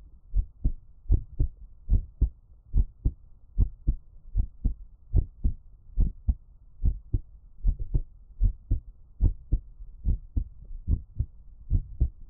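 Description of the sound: Steady, regular low thumps come in lub-dub pairs at about 73 beats a minute, with only a faint low hum between beats. This is an ordinary resting adult heartbeat heard close up, with no talking.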